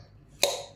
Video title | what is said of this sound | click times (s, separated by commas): ЧТО едят испанцы, РУССКИМ В ГОЛОВУ НЕ ПРИДЁТ! Необычная ЕДА в Испании | вот щелчок слышали вот так просто | 0.4 s